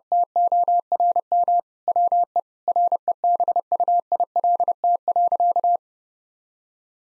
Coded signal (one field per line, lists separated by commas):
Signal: Morse code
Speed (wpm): 30 wpm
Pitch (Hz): 700 Hz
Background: none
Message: TORM WE REBUILT.